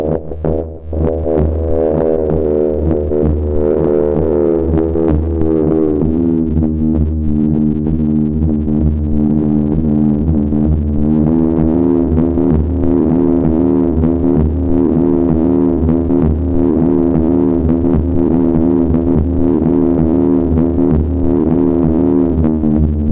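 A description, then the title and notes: A buzzing synth drone holds one steady low pitch, with a thick bed of stacked tones that slowly waver and shift in the middle register. Loudness stays constant throughout after a brief dip near the start, with a hum underneath and no other sounds. Modular - Buzzsaw Drone 1. Mono-Drone patch.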